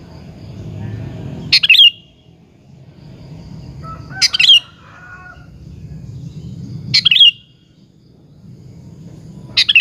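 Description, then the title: Sooty-headed bulbul repeating a short, bright chirping phrase four times, roughly every two and a half seconds, over steady low background noise. "Kutilang"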